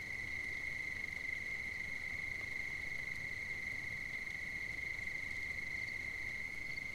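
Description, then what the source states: A cricket trills steadily on one high note, overlaid by a fainter higher insect buzz and gentle low-frequency background noise. At night on 5 September 2009.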